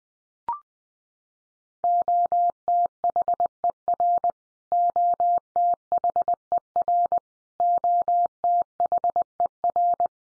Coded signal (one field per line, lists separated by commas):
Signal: Morse code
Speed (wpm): 20 wpm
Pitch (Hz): 700 Hz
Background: none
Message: OTHER OTHER OTHER